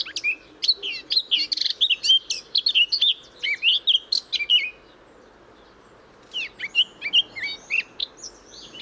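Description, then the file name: Eurasian blackcap song: a lively burst of mixed whistles and chirps, then a short silent gap before a shorter warbled phrase. "Sylvia atricapilla"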